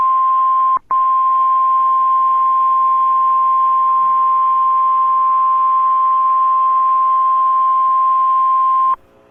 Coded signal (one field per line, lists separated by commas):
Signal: Emergency Alert System (SAME) tones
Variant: 1050 Hz attention tone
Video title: DOUBLE HEADER - EAS Alert #192 & 193: PDS Tornado Warning/Tornado Warning (Apr 19, 2023)